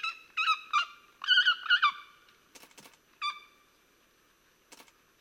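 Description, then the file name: Pallas's fish eagle calling: a quick run of loud, nasal, yelping notes with rich overtones over about two seconds, then a few dry clicks and one more yelp. Recorded at Corbett on 30 November 2007. "Haliaeetus-leucoryphus- -Corbett"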